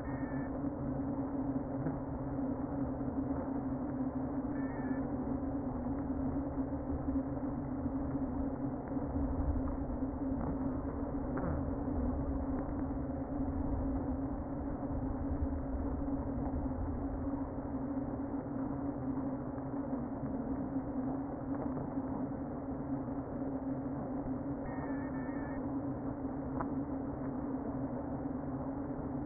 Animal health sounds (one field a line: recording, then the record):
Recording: honeybee colony, microphone inside the hive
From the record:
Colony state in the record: queen present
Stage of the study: before two queens were removed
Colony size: about 60,000 bees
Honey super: yes